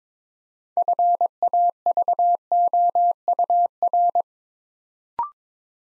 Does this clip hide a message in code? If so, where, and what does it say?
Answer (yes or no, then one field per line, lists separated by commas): yes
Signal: Morse code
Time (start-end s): 0.8-4.2 s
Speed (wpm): 22 wpm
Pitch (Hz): 700 Hz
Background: none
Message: FAVOUR